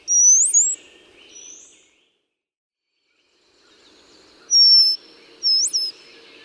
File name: Brown-headed Cowbird